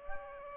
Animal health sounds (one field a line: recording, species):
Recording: mosquito wingbeat signal from an infrared sensor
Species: Aedes aegypti